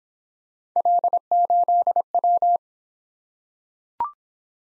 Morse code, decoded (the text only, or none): L8W